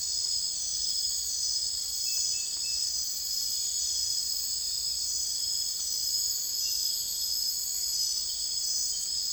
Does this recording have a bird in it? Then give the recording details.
no. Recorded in secondary vegetation near Puerto Asís, Putumayo, Colombia, on 21 December 2024 at 02:30. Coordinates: 0.484, -76.319. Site GP06